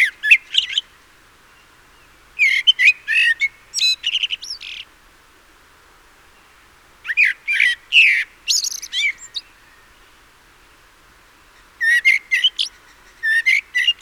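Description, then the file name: Common blackbird singing: four phrases of fluty notes running into high squeaky twitters, separated by quiet pauses. "Turdus merula"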